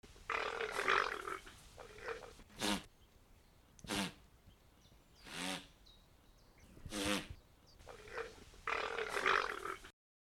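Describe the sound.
Guanaco calls: four harsh, ribbed calls, with bursts of rustling noise before and after.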